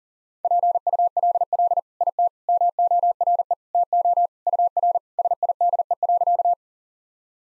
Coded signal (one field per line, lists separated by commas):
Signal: Morse code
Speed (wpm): 40 wpm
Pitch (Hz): 700 Hz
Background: none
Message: PULL IT MORE TO UR SIDE.